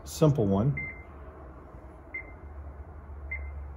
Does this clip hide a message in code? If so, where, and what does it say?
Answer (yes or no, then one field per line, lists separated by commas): no